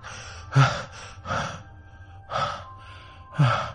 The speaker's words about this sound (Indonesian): Tiba-tiba aku bangun dengan nafas yang ngos-ngosan. Sialan, aku mimpi buruk.